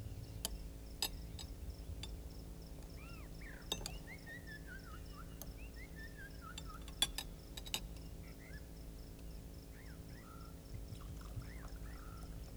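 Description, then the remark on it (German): A drink is poured into a glass, with quick bubbling, gurgling tones and several sharp glassy clinks over a steady low hum, no voices. “Und bitte nur noch ein halbes Glas.”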